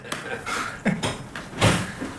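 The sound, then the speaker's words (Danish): A door is handled, with a few short knocking clunks and a louder thud near the end, over a low background hiss. “Hvad med døren? Kan vi ikke den være åben?”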